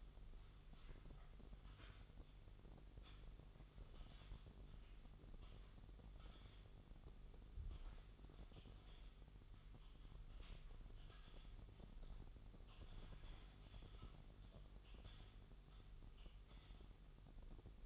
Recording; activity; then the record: daily activity, microphone in the room; typing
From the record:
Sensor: 4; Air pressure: 989.6 hPa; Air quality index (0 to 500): 226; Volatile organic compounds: 87 ppm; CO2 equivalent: 3660 ppm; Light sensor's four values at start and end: 26/91/33/35 and 26/91/33/35